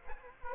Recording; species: mosquito wingbeat signal from an infrared sensor; Culex quinquefasciatus